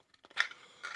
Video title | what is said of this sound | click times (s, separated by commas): Don’t Buy Your Next Knife Until You See This One! (Kansept Siafu) | All right, nice satisfying click going in. | 0.4 s